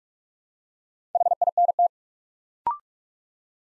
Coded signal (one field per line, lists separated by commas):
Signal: Morse code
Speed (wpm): 44 wpm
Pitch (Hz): 700 Hz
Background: none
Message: HINT